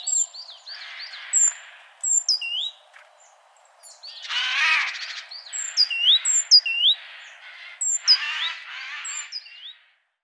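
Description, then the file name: Great tit calling with hooked chirps and thin squeaks, broken by repeated harsh, buzzy churrs over about ten seconds. "Parus major"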